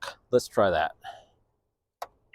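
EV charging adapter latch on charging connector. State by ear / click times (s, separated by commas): released / 2.0 s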